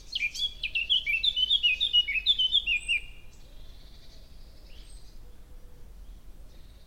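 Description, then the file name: Eurasian blackcap song: a rapid, varied warble of high chirping notes for about three seconds, then quieter. "Sylvia atricapilla"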